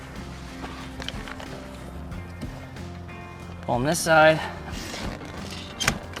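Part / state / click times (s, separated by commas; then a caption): rooftop tent support arm in its locking bracket / seated / 5.9 s. A metal support arm on the other side of a Crafuel Summit Breeze rooftop tent is pulled and pushed up into its locking bracket while someone talks over background music. A sharp metallic hit at 5.9 s marks the arm locking into place.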